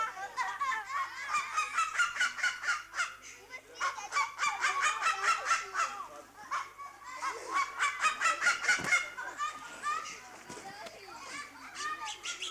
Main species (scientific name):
Chunga burmeisteri